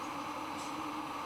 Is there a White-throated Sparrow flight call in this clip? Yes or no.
no